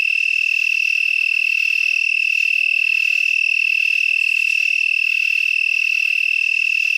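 Broad-winged tree cricket song, a steady unbroken high trill held at one pitch throughout, with faint higher overtones.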